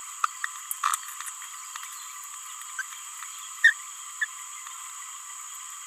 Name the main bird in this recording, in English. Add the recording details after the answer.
Green-rumped Parrotlet. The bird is a male. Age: 26 days. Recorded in a nest box in Venezuela. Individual 17B31A2